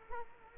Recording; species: mosquito wingbeat signal from an infrared sensor; Culex quinquefasciatus